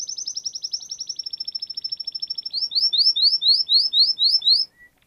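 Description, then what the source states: Canary song with a rapid high trill followed by evenly repeated sweeping whistled notes, ending in a brief soft note. Canary song used for training other birds (masteran).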